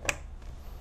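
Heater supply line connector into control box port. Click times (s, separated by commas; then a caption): 0.1 s. A supply line heater connector on a Transpring filling machine is pushed into a port on top of a black digital control box. A single sharp, bright snap is heard at 0.1 s, followed by a low steady hum. The connector snaps into place and is seated.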